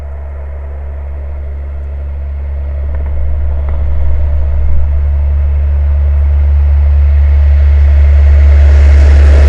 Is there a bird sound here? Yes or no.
no